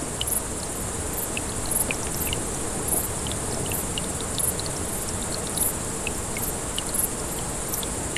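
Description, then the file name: Grasshopper: high, short buzzing pulses from grasshoppers recur at uneven intervals above the steady rush and splash of running water. Several grasshoppers beside a small brook, 6 August 2014, recorded on an MZ-N 710. "MZ-N 710 Ruisselet et sauterelles 6 08 14"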